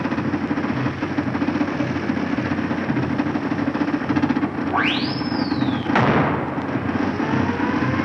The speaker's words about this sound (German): Genosse Kapitän, Genosse Kapitän, ich höre das Flugzeug des Genossen Babuschkin. Das Flugzeug des Genossen Babuschkin. Schießt Raketen.